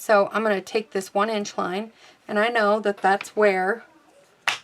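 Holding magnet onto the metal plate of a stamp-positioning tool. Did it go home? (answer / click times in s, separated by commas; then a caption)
yes / 4.5 s. A magnet is set down onto the metal plate of a stamping platform, a stamp-positioning tool, to hold the paper in place. Someone talks for most of the clip, then the magnet makes a sharp snap at 4.5 s. It clicks onto the plate and holds the paper.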